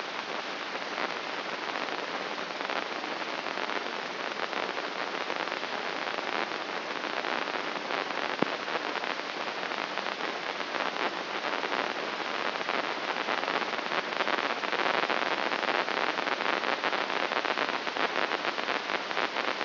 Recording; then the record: brain microelectrode recording played as sound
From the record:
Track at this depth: outside the subthalamic nucleus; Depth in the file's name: 6.429 mm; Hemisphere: left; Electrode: 3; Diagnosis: Parkinson's disease